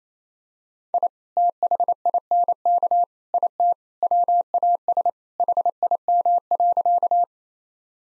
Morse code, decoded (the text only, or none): I THINK IT WAS HIM.